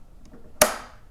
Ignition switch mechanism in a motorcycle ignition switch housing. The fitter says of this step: hear that click